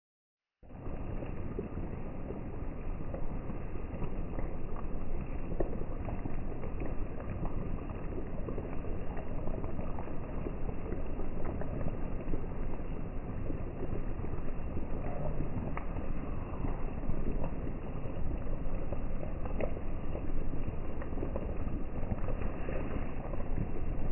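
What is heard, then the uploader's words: A pot of pinakbet cooks over a fire, starting after a brief moment of silence. A dense, steady low rumble of bubbling and burner noise holds unchanged throughout, with faint scattered pops and ticks. The sound is muffled, without bright tones. Pinakbet on on the fire.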